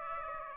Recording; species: mosquito wingbeat signal from an infrared sensor; Aedes aegypti